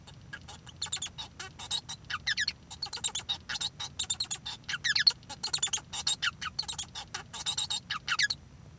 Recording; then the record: song of a male Bengalese finch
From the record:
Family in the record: son of father 1